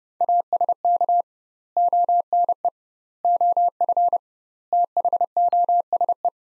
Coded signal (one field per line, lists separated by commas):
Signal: Morse code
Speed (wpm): 32 wpm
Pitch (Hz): 700 Hz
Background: none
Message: ASK ONE OF THOSE